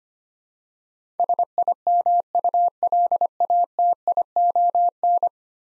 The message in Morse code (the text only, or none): SIMULATION